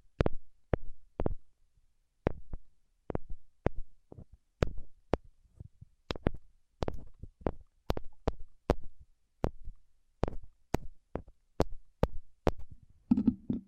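Tapping without talking: crisp, sharp taps land one at a time, each with a bright click and a short dull thud beneath it. They come roughly every half second in a loose, uneven rhythm, sometimes paired. Near the end a brief scratchy, rustling sound takes over.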